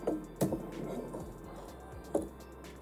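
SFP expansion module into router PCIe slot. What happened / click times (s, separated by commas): The plug-in module clicked into its slot / 2.1 s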